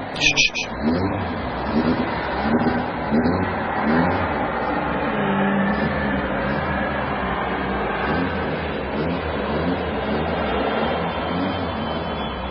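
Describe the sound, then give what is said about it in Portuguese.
An airplane's steady, droning roar fills all twelve seconds, a broad rumbling rush with a wavering tonal hum underneath that holds a constant loudness throughout. “E um avião, vamos ouvir um avião.”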